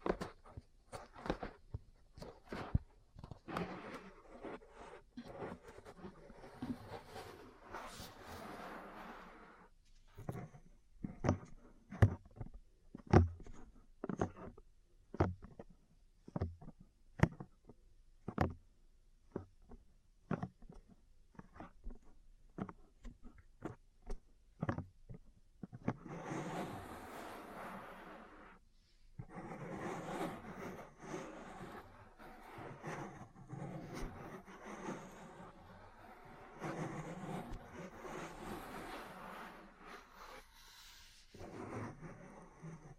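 Ear cleaning and massage sounds with cupping and tapping: sharp, crisp taps come in quick irregular bursts through the first half, then sparser clicks around ten to twenty-five seconds. After about twenty-six seconds a denser rustling, brushing texture takes over with occasional taps.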